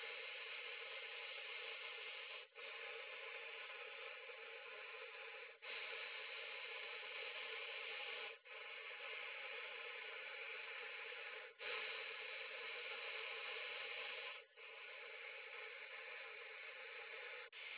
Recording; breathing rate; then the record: paced breathing near a phone; 10 breaths a minute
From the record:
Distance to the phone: 20 cm